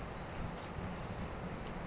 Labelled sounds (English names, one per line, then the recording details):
Oak Titmouse
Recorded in Sonoma County, California